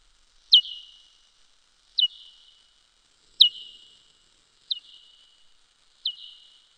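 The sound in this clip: Soprano pipistrelle echolocation pulses: five crisp descending sweeps with short fading tails, spaced well apart in otherwise quiet surroundings.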